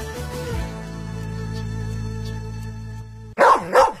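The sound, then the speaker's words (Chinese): A sustained humming, tonal sound holds for about three seconds, then breaks off into two loud, sharp dog barks in quick succession, in a radio advertisement for Wuliangye Year of the Dog zodiac liquor. “平顶有只金狗的酒， 对，狗年送金狗酒，狗年旺旺旺。”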